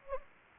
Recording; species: mosquito wingbeat signal from an infrared sensor; Anopheles gambiae